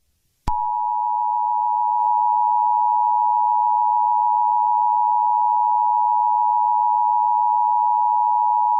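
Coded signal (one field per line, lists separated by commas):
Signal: Emergency Alert System (SAME) tones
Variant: 853 and 960 Hz attention tone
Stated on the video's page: Simulated EAS scenario recreating the Moore, Oklahoma F5 tornado.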